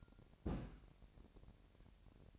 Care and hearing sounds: daily activity, microphone in the room; place on stove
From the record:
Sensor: 2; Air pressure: 1012.0 hPa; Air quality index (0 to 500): 186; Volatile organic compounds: 3 ppm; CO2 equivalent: 1323 ppm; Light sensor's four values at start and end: 78/185/76/74 and 78/185/76/74

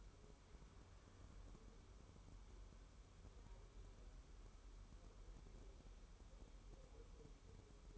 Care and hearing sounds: daily activity, microphone in the room; wipe stove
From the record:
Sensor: 1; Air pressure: 1015.1 hPa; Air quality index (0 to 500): 44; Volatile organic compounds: 1 ppm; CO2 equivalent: 610 ppm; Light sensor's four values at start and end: 13/32/13/14 and 13/32/13/14

